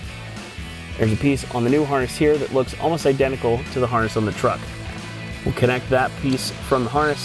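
Someone talks over background music while handling the plastic connector from an Edge Pulsar XT inline tuning module harness for a 2021–2025 2.7L/3.5L EcoBoost F-150, about to push it onto the accelerator pedal sensor until it clicks. The clip ends before the connector goes home, so nothing has seated or clicked yet.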